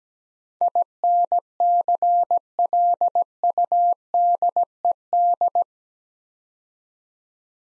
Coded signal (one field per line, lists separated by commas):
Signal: Morse code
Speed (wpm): 17 wpm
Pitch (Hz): 700 Hz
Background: none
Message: INCLUDED